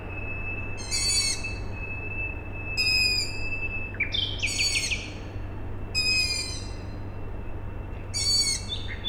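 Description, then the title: Owl chicks uttering repeated hoarse squeals, with short notes from another bird and a low machinery hum underneath. Owl chicks calling at night, Tuesday 21 May 2019, Siemianowice Śląskie, Poland; industrial plant audible in background; recorded with Zoom H5 and Audio-Technica BP4025. "Siemianowice Śląskie, Polska - Owl chicks"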